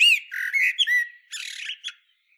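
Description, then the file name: Eurasian blackbird producing a few strained, squawky notes followed by a short, rough, buzzy burst. "Turdus merula"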